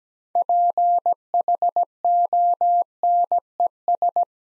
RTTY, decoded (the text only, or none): none